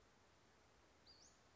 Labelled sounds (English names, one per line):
Western Flycatcher